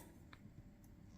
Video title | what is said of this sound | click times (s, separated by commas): OnePlus Watch 3 Nordic Blue Strap | Let's find the hole. There you go. Did you hear that click? I think it's gone in. Yep. | 0.3 s